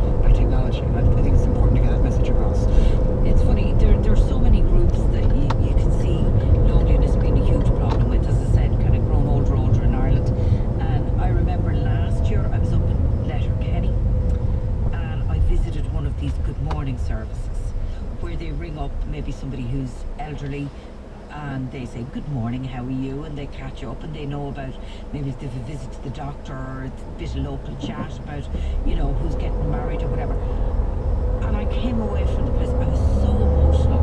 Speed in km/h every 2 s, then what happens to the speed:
42, 42, 41, 41, 40, 35, 25, 18, 13, 8, 3, 0, 0, 0, 0, 6, 13.
0-8 steady at about 41. 8-21 slows to 0. 21-29 standing. 29-34 pulls away to 13.